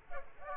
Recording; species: mosquito wingbeat signal from an infrared sensor; Culex quinquefasciatus